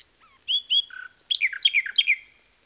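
Common nightingale song phrase of short whistled notes followed by a quick run of rich, descending chirps.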